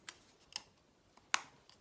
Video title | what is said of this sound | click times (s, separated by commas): Comment faire durer son iPhone 6 plus de 5 ans ? | faut que ça se clipse bien il est bien clipser | 1.3 s